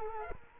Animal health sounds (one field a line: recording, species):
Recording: mosquito wingbeat signal from an infrared sensor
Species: Culex quinquefasciatus